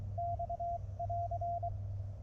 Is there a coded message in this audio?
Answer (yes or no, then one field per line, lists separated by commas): yes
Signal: Morse code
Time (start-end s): 0.2-1.7 s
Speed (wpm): 23 wpm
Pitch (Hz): 690 Hz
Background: radio noise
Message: X<AR>